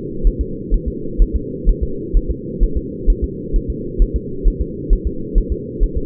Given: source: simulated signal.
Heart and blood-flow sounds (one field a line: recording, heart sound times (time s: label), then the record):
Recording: fetal heart sounds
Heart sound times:
0.27 s: S1
0.41 s: S2
0.74 s: S1
0.88 s: S2
1.22 s: S1
1.36 s: S2
1.69 s: S1
1.83 s: S2
2.17 s: S1
2.31 s: S2
2.64 s: S1
2.77 s: S2
3.10 s: S1
3.24 s: S2
3.56 s: S1
3.70 s: S2
4.02 s: S1
4.16 s: S2
4.48 s: S1
4.61 s: S2
4.93 s: S1
5.07 s: S2
5.38 s: S1
5.52 s: S2
5.84 s: S1
5.97 s: S2
From the record:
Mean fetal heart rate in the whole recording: 130 bpm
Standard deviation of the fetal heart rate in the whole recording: 4 bpm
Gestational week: 38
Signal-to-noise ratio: -4.3 dB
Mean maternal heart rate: 72 bpm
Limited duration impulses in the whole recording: absent